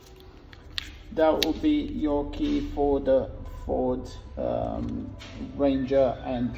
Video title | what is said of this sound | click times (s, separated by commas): Ford Ranger key battery replacement | key back together you just align it and it clicks back into place | 0.8 s